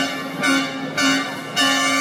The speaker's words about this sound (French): une grosse bonbonne d'air en dessous pour l'actionner, d'air ou de gaz, je sais pas à quoi ça marche, mais voilà, c'est tout un petit camion qu'il faut pour trimballer ce klaxon puissant.